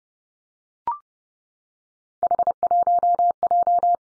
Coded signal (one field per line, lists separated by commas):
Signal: Morse code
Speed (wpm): 30 wpm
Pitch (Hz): 700 Hz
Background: none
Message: H1J